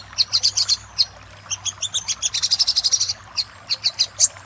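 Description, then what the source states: Little spiderhunter song: rapid, high, sharp chirping notes in quick bursts, with short pauses between runs; a faint low hum underneath. Master recording for training cage birds; labelled labaik.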